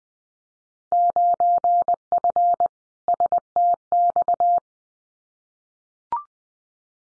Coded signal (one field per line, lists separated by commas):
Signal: Morse code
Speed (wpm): 20 wpm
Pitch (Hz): 700 Hz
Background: none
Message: 9F STX